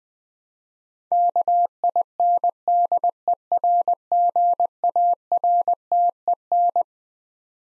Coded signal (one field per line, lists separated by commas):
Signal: Morse code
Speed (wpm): 20 wpm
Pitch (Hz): 700 Hz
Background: none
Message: KINDERGARTEN